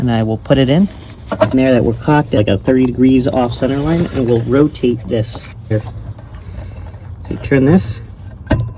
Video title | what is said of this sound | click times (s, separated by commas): Volvo XC70 Headlight H11 Replacement | and click in. | 8.5 s